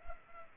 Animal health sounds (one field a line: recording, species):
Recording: mosquito wingbeat signal from an infrared sensor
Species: Culex pipiens